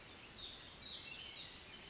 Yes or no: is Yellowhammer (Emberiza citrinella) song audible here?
no